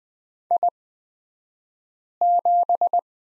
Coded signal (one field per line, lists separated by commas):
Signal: Morse code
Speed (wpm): 20 wpm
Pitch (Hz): 700 Hz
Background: none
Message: I7